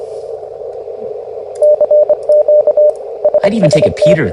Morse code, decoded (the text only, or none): CQ SST